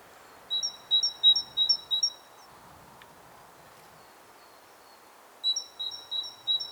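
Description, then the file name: Great tit giving two phrases of ringing two-note whistles, about five pairs each, separated by a gap of roughly three seconds of quiet hiss. "Parus major"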